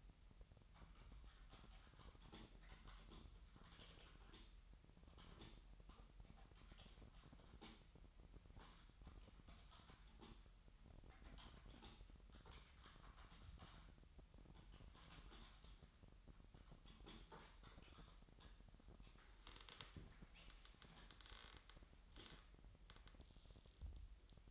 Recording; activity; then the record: daily activity, microphone in the room; typing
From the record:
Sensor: 3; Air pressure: 1002.0 hPa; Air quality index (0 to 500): 246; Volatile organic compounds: 50 ppm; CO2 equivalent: 3295 ppm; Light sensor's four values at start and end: 13/41/17/15 and 13/41/17/15